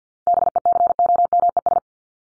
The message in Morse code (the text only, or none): BECOMES